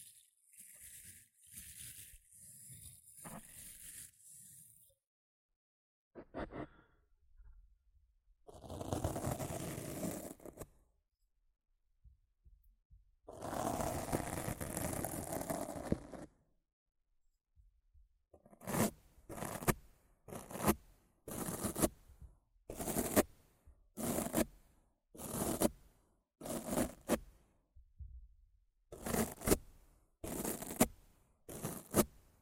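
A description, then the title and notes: Rough scratching and brushing on a microphone: quick scratches, then two long harsh sweeps, then short bright strokes repeating about once a second. ASMR Rough Mic Scratching & Brushing (No Talking).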